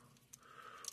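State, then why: Seated. Someone folds down the legs of a plastic transforming robot toy, and short sharp clicks are heard at 0.3 s and 0.9 s. The leg joints click into place.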